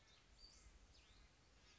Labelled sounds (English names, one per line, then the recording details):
Western Flycatcher
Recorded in Sonoma County, California